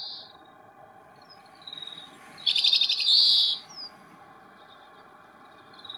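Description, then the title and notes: Grey-capped Greenfinch calls: a quick buzzy trill runs into a drawn, nasal high note, with a few faint twitters before and after over a steady low hum. 11 February 2022, overcast day, -5 to 9°C, park in Beijing, China; 45 greenfinches counted on the walk. "观鸟地点：北京南旱河公园. 金翅雀45只"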